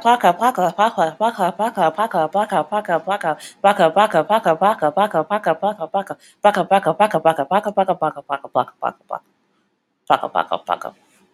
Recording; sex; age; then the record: repeated syllables /pa ta ka/; female; 20 to 29 years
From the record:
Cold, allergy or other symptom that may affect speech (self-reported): no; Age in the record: 29 years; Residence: Texas, United States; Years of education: 18